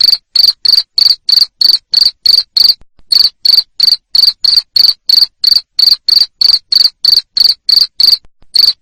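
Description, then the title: Cricket call: a regular series of shrill chirps around three per second, pausing briefly twice. Loud cricket chirping used to stimulate lovebirds to keep singing in their ngekek style. "Suara JANGKRIK NGERIK Keras Bikin LOVEBIRD Jadi NGEKEK Terus Vubey"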